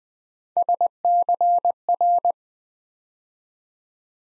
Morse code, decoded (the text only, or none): SCR